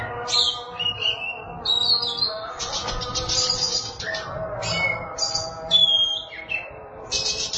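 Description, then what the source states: Oriental magpie-robin song, a run of varied high whistles and sharp chirps with short rising and falling notes, over a steady low hum in the background. Chirping song (kicauan) of the bird.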